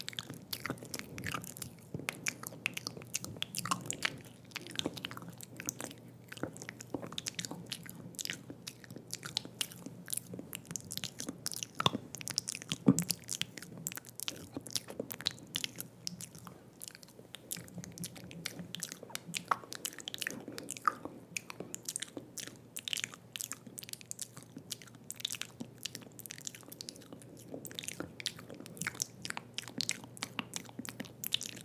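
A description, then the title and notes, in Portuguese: Intense wet mouth sounds: rapid clicking, smacking and chewing-like crunches, dense and continuous with a faint low hum. ASMR intenso com sons de boca molhados.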